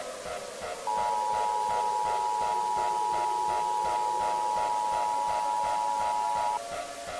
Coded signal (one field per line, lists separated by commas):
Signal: Emergency Alert System (SAME) tones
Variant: 853 and 960 Hz attention tone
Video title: EAS Scenario: Nuclear Missile Attack I (Part 1)